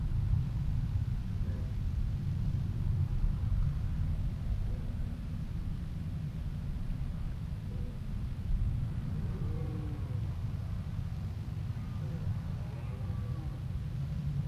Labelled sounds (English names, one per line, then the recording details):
Red Deer roaring
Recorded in the wild
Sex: male
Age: adult
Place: Schloß Holte-Stukenbrock, Senne, Nordrhein-Westfalen, DE
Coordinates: 51.85, 8.73333
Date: 1966
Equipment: Uher 4000 Report-S, Bändchenmikro Beyer M 260, Parabolspiegel Polyester (470 mm)
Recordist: Conrads, Klaus
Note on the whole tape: Truppenübungsplatz Senne. Männchen: Laute. Keine genaue Datumsangabe: September 1966